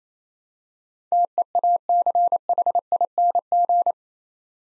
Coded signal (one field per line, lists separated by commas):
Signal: Morse code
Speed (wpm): 28 wpm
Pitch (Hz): 700 Hz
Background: none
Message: TEACHING